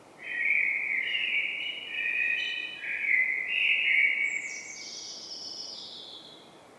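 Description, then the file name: Common blackbird singing a rich, mellow whistled phrase for about four seconds that ends in a high scratchy twitter over steady background hiss. "Turdus merula"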